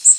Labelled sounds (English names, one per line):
Golden-winged Warbler flight call